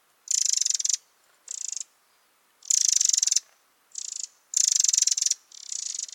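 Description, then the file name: Eurasian wren producing sharp, metallic churring rattles, six bursts alternating louder and quieter, each lasting up to about a second. "Troglodytes troglodytes"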